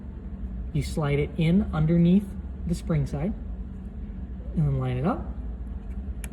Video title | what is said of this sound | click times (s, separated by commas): Halcyon Gold Gobo Change | and you will hear it pop down into place. | 6.2 s